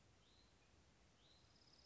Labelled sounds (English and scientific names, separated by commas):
Hutton's Vireo (Vireo huttoni)